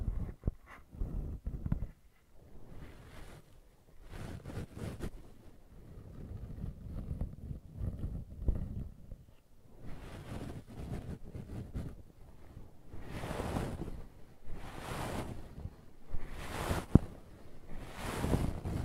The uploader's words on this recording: ASMR Brushing and Scratching You to Sleep (No Talking).